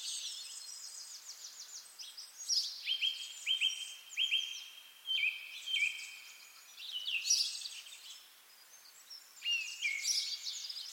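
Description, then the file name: Bird giving descending trills, sharp chirps and sustained whistled notes, phrases separated by brief quieter gaps. "zvuki peniia ptits"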